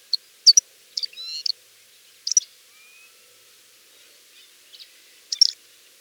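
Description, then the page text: Thick-billed lark song: sharp high chirps and short buzzy notes in scattered bursts, with a faint thin rising whistle in the middle. "Thick-Billed Lark Song. Quick Sounds"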